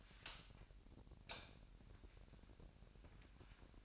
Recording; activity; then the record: daily activity, microphone in the room; light on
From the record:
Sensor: 2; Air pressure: 1011.8 hPa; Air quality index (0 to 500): 214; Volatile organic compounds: 3 ppm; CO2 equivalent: 1510 ppm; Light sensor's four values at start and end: 12/27/12/12 and 16/45/18/19